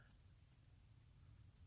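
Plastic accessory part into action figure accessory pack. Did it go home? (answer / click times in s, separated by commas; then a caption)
no / none. A plastic accessory part for a Marvel Legends Night Thrasher action figure (Spider-Man 2019 Kingpin Build-A-Figure wave) is slid and pushed toward its slot in the accessory pack. Over a steady low hum, faint soft scrapes of handling come through, with a few light high ticks near the start. Nothing has seated or clicked yet.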